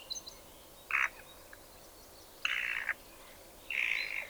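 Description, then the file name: Spotted nutcracker song, reduced to three harsh grating bursts spaced over a few seconds, with faint thin notes between them. "Tannenhäher Gesang"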